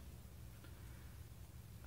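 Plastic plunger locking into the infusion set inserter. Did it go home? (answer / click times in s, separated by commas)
no / none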